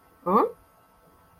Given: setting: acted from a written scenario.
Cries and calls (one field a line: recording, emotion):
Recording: vocal sound without words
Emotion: confusion